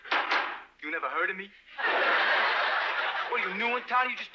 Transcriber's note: soundbite of laughter